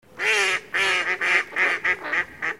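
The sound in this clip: Duck quacking, a series of several loud nasal quacks, the first one longer than the rest.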